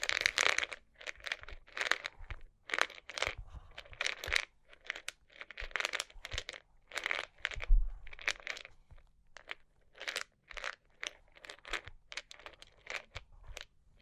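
Cork and wood are scratched and traced in quick, irregular bursts of dry crunching texture, with short pauses and one low thump near eight seconds.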